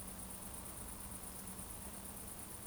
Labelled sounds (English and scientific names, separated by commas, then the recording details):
Eurasian Woodcock (Scolopax rusticola) whistle
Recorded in Baden-Württemberg, Germany, on 25 June 2020 at 20:32 UTC
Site 14569, 102 m above sea level